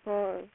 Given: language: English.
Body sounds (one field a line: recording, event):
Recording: throat vibration sensor signal played as sound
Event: speech